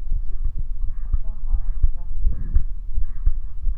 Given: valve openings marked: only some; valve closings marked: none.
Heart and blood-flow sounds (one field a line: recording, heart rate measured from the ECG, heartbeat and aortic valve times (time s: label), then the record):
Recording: heart sounds by stethoscope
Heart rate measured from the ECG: 85 bpm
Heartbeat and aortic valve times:
0.15 s: heartbeat (ECG mark)
0.23 s: aortic valve opens (echo mark)
0.83 s: heartbeat (ECG mark)
0.89 s: aortic valve opens (echo mark)
1.54 s: heartbeat (ECG mark)
1.59 s: aortic valve opens (echo mark)
2.26 s: heartbeat (ECG mark)
2.31 s: aortic valve opens (echo mark)
2.97 s: heartbeat (ECG mark)
3.03 s: aortic valve opens (echo mark)
3.68 s: heartbeat (ECG mark)
From the record:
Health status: healthy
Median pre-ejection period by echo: 74 ms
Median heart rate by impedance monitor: 81 bpm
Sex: male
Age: 20 years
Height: 181 cm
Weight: 68 kg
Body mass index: 20.76